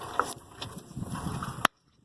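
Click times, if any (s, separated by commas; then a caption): 1.6 s. A puller is tightened on the shaft and steel wheel of the power steering pump on an old Farmall 706 tractor, with faint creaks and ticks as it draws. At 1.7 s the steel wheel and the original pressed-in rubber shaft seal break free of the pump housing with a single sharp metallic pop, followed by silence. The wheel comes off and the seal is pushed right out.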